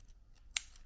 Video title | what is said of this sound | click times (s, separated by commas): Nerrad Tapex Kit, What do you get in the box? | It does lock into place just by that spring-loaded mechanism there. | 0.6 s